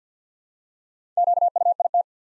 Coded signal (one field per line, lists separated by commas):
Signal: Morse code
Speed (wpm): 50 wpm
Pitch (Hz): 700 Hz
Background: none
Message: QUIT